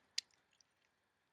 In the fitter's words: put it it snaps into place and you make sure that it's in place